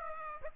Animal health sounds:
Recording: mosquito wingbeat signal from an infrared sensor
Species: Aedes aegypti

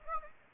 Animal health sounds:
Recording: mosquito wingbeat signal from an infrared sensor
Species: Anopheles gambiae

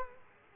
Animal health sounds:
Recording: mosquito wingbeat signal from an infrared sensor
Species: Culex quinquefasciatus

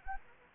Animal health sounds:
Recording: mosquito wingbeat signal from an infrared sensor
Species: Anopheles gambiae

